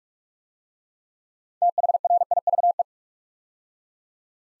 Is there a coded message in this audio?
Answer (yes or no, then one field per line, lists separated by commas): yes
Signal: Morse code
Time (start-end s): 1.6-2.8 s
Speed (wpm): 44 wpm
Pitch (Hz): 700 Hz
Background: none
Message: THRIVE